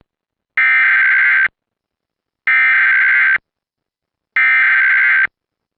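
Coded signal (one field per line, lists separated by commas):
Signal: Emergency Alert System (SAME) tones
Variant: header bursts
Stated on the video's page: Recreated EAS scenario, not a real alert.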